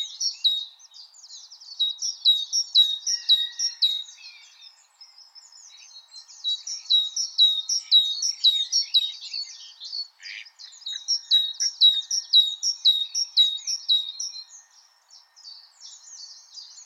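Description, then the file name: Great tit song: high two-note phrases repeated about twice a second in three bursts, separated by brief pauses with faint scattered chirps. "Parus major"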